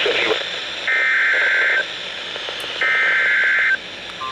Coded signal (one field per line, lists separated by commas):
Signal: Emergency Alert System (SAME) tones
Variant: header bursts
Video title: Severe Weather Highness | EAS Alerts From 4/20/2023 (EAS #1,956-1,978)